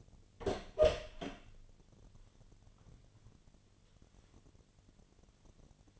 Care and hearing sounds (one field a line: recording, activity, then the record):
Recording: daily activity, microphone in the room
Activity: open door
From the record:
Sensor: 4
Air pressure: 1008.5 hPa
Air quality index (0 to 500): 172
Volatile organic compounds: 5 ppm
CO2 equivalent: 1732 ppm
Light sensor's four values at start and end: 25/79/30/29 and 23/73/27/26